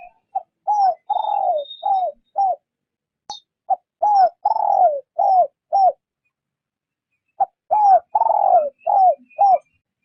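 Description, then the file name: Dove cooing, low phrases of several short notes with longer drawn-out coos, repeated in three groups with quiet gaps between. Female calling to excite males. "Tieng Cu mai gay kich trong"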